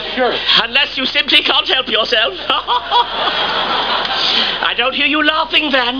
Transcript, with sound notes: Sure.
Unless you simply can't help yourself. [laughs] I don't hear you laughing, Vance.